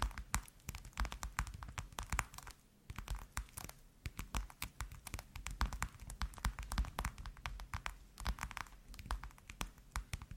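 ASMR tapping: quick, dense clicks and taps in irregular clusters, with brief pauses near two-and-a-half and eight seconds, plus faint crinkling.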